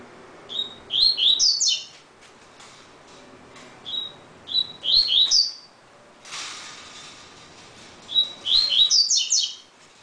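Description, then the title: Double-collared seedeater song, phrases starting with a pure whistle then tumbling into quick sweeping chirps, three phrases with a brief noisy rustle midway. "Canto Coleiro"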